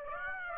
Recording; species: mosquito wingbeat signal from an infrared sensor; Aedes aegypti